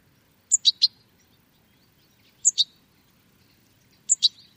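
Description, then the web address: Bird calls: high, sharp chip notes in bursts of two or three, repeated about every one and a half to two seconds over a faint low hum. "Deverinetal. Bird Only"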